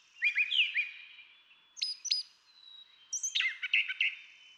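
Brown Thrasher singing a sequence of distinct phrases, rich slurred notes followed by sharp doubled chips and a buzzy burst near the end.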